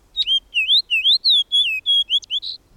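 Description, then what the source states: Fox Sparrow song, a loud run of clear whistled and slurred notes, some rising and some falling, delivered in quick succession. Loud, spirited song of whistled notes, one of the earliest bird songs of spring, from dense vegetation; habitats include boreal spruce, shrubby willows, rocky alpine thickets, brushy forest clearings, moist streamsides and chaparral.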